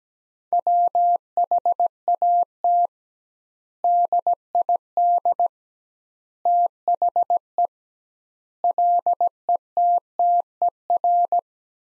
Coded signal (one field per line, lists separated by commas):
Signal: Morse code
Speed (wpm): 17 wpm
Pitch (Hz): 700 Hz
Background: none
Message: WHAT DID THE LETTER